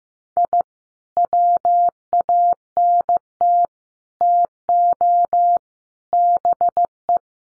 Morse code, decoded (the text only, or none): I WANT TO BE